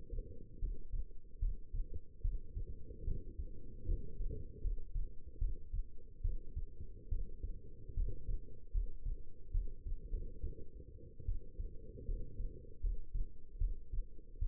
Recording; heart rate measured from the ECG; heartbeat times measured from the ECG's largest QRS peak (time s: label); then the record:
heart sounds by stethoscope; 74 bpm
0.59 s: heartbeat
1.39 s: heartbeat
2.21 s: heartbeat
3.04 s: heartbeat
3.85 s: heartbeat
4.61 s: heartbeat
5.38 s: heartbeat
6.21 s: heartbeat
7.09 s: heartbeat
7.94 s: heartbeat
8.71 s: heartbeat
9.51 s: heartbeat
10.10 s: heartbeat
11.25 s: heartbeat
12.05 s: heartbeat
12.80 s: heartbeat
13.58 s: heartbeat
14.39 s: heartbeat
From the record:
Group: healthy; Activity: rest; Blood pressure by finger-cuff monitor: 151/90 mmHg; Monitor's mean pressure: 108 mmHg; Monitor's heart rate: 74 bpm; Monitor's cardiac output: 6.3 L/min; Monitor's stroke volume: 87 mL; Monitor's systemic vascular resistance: 1260 dyn s/cm5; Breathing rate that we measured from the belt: 15 breaths a minute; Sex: female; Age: 22 years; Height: 171 cm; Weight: 65.6 kg